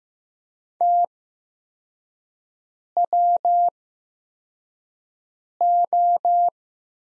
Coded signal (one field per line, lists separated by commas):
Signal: Morse code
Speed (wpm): 15 wpm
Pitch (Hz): 700 Hz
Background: none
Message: TWO